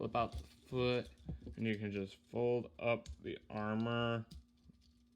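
Someone talks while handling a Transformers Studio Series 86-04 1986 Hot Rod transforming action figure, flipping out the foot and folding up the plastic leg armor panel toward its locked position on the leg. Faint handling sounds sit under the speech. Nothing has seated or clicked yet.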